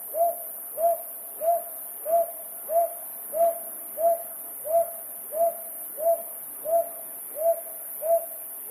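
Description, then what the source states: Brown hawk-owl giving soft upslurred hoots, each note short and mellow, repeated steadily about every two-thirds of a second, thirteen notes in all, over a faint steady hum. 7 May 2015.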